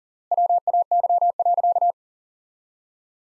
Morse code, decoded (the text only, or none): WAY.